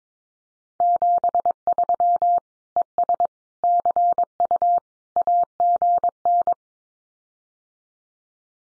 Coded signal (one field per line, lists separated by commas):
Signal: Morse code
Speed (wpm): 22 wpm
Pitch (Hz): 700 Hz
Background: none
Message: 73 ES CU AGN